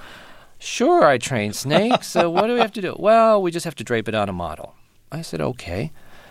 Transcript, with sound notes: So sure, I train snakes. So what do we have to do?
(LAUGHTER)
Well, we just have to drape it on a model. I said okay.